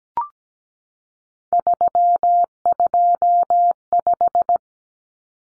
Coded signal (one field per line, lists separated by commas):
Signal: Morse code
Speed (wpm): 17 wpm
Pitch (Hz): 700 Hz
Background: none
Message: 325